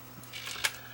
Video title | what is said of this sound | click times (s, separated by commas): JVC Minidisk No play. | and it looks like the latch is not latching it properly so | 0.7 s